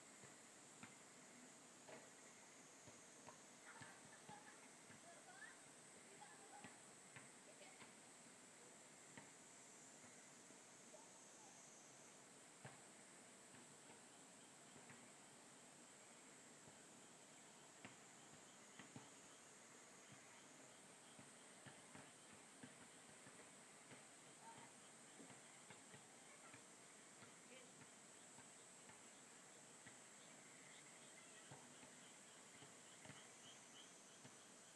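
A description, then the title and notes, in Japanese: Evening cicadas keep up their ringing "kana-kana" calls for the whole stretch, a high, bright, steady chorus that shifts pitch slightly around 3, 12 and 21 seconds. Beneath it, scattered small clicks and knocks of everyday household noise come and go over a faint low rumble. 田舎の夕方。ただただカナカナカナ。割と生活音。キレイなまんまるの月が出ていて、 過ごしやすい涼しい時間帯。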